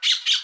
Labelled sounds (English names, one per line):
Brown-throated Parakeet contact call